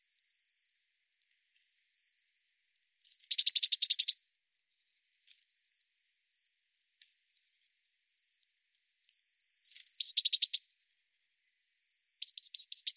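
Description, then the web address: Eurasian blue tit calls: soft, thin, high notes with three short bursts of rapid, harsh, buzzy scolding notes. "Deverinetal"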